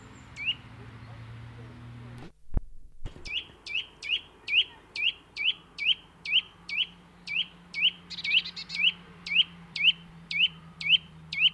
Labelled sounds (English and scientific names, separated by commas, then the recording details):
Eurasian Nuthatch (Sitta europaea) song
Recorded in the wild
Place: Oberstdorf, Bayern, DE
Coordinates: 47.4244, 10.2572
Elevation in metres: 880
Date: 1976-04-04
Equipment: Nagra IV, Sennheiser MKH 405, Parabolreflektor
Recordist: Tretzel, Erwin